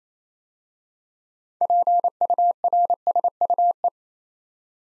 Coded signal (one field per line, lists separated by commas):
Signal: Morse code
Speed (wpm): 28 wpm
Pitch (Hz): 700 Hz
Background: none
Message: PURSUE